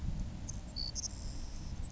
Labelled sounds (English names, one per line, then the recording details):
Savannah Sparrow
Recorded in Sonoma County, California